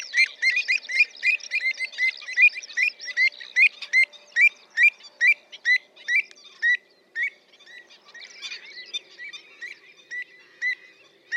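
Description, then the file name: Pied avocet giving a fast series of ringing kluit notes, then a brief lull and a looser, softer run of similar calls. "Avocette-élégante-Recurvirostra-avosetta"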